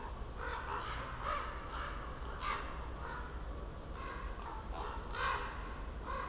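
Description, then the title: Common raven croaks, rough and throaty, repeated irregularly, with a constant low rumble beneath. Several ravens circling for over ten minutes over a mountain slope at Patnik, Goworów, Poland, heard from among young beeches beneath them on a New Year's walk; Zoom F4, AT BP4025. "Patnik mountain side, Goworów, Poland - Circling ravens"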